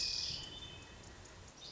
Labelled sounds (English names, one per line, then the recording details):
Hermit Thrush
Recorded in Sonoma County, California